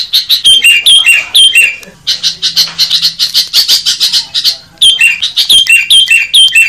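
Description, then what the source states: Songbird, a loud run of repeated piping whistle-chirp phrases, then a stretch of harsh buzzy chattering over a faint low hum, then the whistled phrases returning. Compiled for teaching songbirds to sing.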